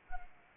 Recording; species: mosquito wingbeat signal from an infrared sensor; Anopheles arabiensis